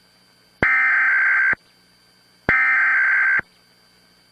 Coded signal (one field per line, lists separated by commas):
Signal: Emergency Alert System (SAME) tones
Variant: header bursts